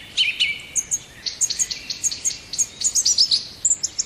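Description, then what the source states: Song thrush singing clear, high whistled notes and chirps in short phrases, some notes repeated, in a lively, steady flow. Recorded in 2020.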